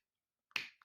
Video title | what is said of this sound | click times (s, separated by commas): Power of the Primes - Rampage (25k View Special 4/6) | the feet out and down as far as it go sort of has a slight sort of click in place | 0.5 s, 0.6 s